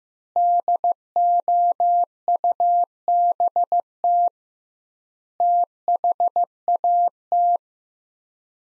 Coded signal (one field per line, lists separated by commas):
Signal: Morse code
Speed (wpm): 15 wpm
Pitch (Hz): 700 Hz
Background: none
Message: DOUBT THAT